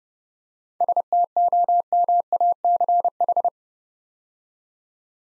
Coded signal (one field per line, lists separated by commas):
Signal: Morse code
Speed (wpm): 29 wpm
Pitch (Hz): 700 Hz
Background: none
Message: STOMACH